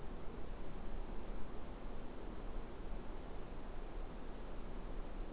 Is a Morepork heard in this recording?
no